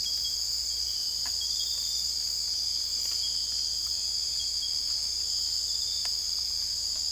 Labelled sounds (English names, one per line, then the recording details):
none
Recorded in dense forest near Puerto Asís, Putumayo, Colombia, on 21 December 2024 at 03:30
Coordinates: 0.485, -76.318
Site GP03